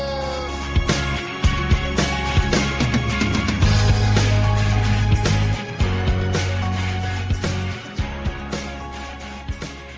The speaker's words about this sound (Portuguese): Muito boa essa vinheta, adoro essa vinheta.